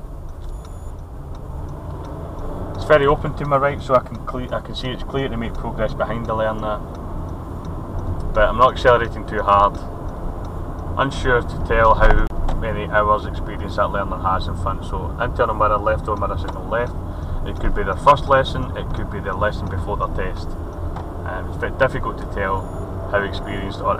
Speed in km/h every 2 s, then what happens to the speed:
18, 21, 27, 32, 32, 31, 29, 29, 29, 31, 35, 39.
0-6 speeds up to 32. 6-17 steady at about 29. 17-24 speeds up to 39.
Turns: none.